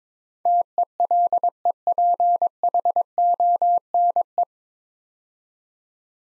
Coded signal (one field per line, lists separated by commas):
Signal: Morse code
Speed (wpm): 22 wpm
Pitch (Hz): 700 Hz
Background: none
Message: TELEPHONE